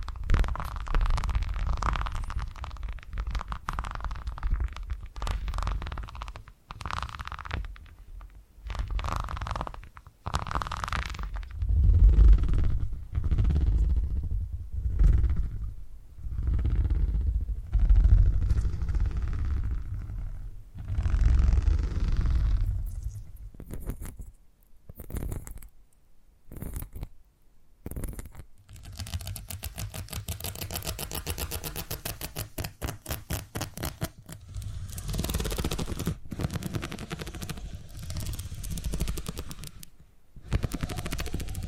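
Purring-style ASMR triggers with a deep, rumbling low layer that swells and fades through the first twenty seconds. Later come sharp clicks and tapping bursts, brief gaps of near silence around 24–29 seconds, then a dense stretch of rapid, bright crackling taps.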